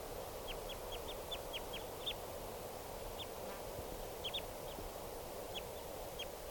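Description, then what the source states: Red Crossbill flight calls, a quick run of sharp downslurred notes, then scattered single calls, over steady background hiss. Type 2 call type; wild; three crossbills taking off; at least six or seven type 2 crossbills around in total.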